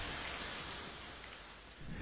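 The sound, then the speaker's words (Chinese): Heavy rain pours down in a steady, dense hiss, with a low rolling rumble of thunder beneath it; the downpour stays loud and even throughout, with no voices. “突然，一道刺眼的闪电切开了迷蒙的苍穹，随之滚过一声惊天动地的霹雳，大雨倾盆而下。”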